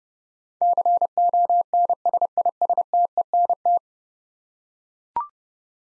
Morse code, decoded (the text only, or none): CONSISTENT